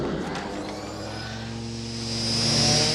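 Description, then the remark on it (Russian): A flying police car's engine hums with a steady low drone and a high, thin whine that rises and swells louder toward the end as the car flies away, with no voices. “Полицейский автомобиль улетает.”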